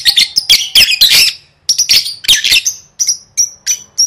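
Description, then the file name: Lovebird chirping: a rapid chatter of shrill notes that gives way to clear, thin whistled peeps repeated about every third of a second. "tieng vet mau don"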